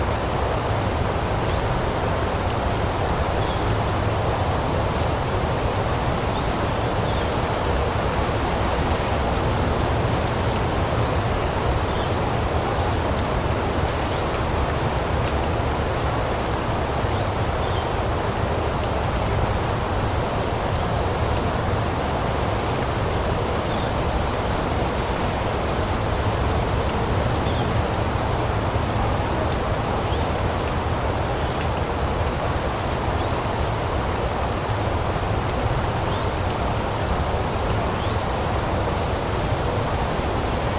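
Wind blows steadily through trees in a park, a dense, unbroken rush with a deep rumbling low end and a softer hiss of rustling leaves above. The level stays nearly constant for the whole stretch, with faint brief ticks scattered throughout.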